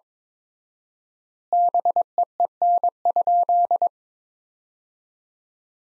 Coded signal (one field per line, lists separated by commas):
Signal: Morse code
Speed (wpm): 22 wpm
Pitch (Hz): 700 Hz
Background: none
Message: BEEN?